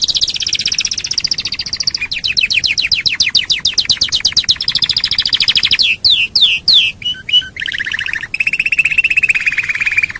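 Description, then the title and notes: Canary song made of fast rolling trills that change tour after tour, from a high buzzy roll through sweeping repeated notes to a lower rattling trill. Masteran lure song, a recording used to train caged songbirds and excite them to sing. "PANCINGAN SUARA MASTERAN KENARI BIKIN BURUNG MAKIN MENGGILA. masteran kicau kenari"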